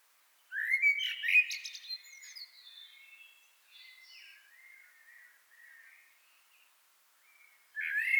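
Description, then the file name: Common blackbird giving a burst of harsh chattering calls, quieter trailing notes, then another loud scratchy call. "Turdus merula"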